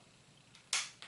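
The cocking lever of a U.S.-made Woodman .50 caliber drop-barrel muzzleloading rifle is pushed back as far as it will go to cock the action. A faint tick at 0.6 s comes before a single sharp metallic click at 0.7 s, followed by a smaller click at 1.0 s. The lever clicks into the cocked position, and the action is cocked.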